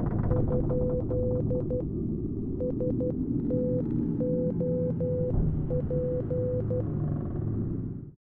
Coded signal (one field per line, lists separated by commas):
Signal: Morse code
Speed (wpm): 12 wpm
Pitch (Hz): 500 Hz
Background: none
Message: ? STOP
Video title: Inside the Handyman - Morse Code #shorts